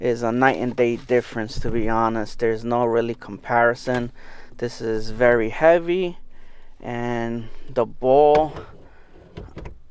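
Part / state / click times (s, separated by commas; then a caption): steering wheel quick-release hub into its base adapter / seated / 9.4 s, 9.6 s, 9.7 s. Someone talks through most of the clip while an aftermarket Battle Craft Parts quick-release steering wheel hub is pushed together into its base adapter. Sharp clicks sound at 9.4 s, 9.6 s and 9.7 s as the hub locks and seats.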